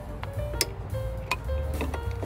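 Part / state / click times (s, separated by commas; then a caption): video doorbell onto wall mounting bracket / not seated / none. A video doorbell body is handled against its wall mounting bracket, with brief sharp knocks and taps near 0.6 s and 1.3 s over a steady low hum and faint tonal background. Nothing has seated or clicked yet; the doorbell is not yet locked onto the bracket.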